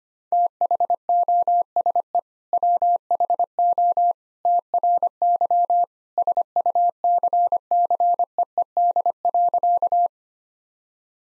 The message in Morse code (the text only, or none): THOSE WHO TRY SUCCEED.